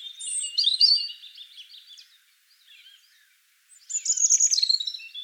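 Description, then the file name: European robin song: two loud high warbling phrases separated by a quiet gap with a few faint notes. "Erithacus rubecula"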